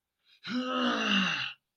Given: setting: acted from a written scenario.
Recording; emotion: vocal sound without words; anger